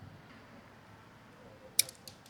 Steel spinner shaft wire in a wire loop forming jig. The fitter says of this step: and I'm just doing the same thing until it clicks